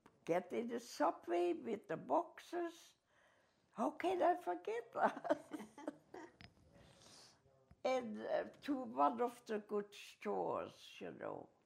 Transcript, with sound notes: get in the subway with the boxes. How could I forget this? (both laugh) And to one of the good stores, you know,